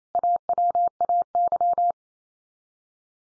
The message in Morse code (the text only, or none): AWAY